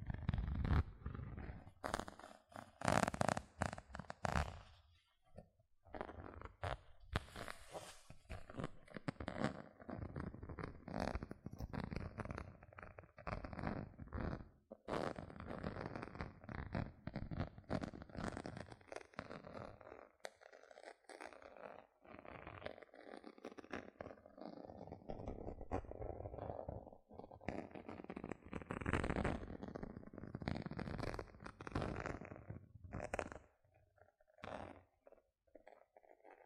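Gentle scratching runs throughout, a dense texture of soft, rapid strokes with a fairly steady level. The first five seconds carry louder, sharper taps and bumps, and a few brief pauses break the scratching near 15, 20 and 33 seconds.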